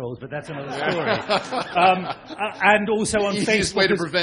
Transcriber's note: laughter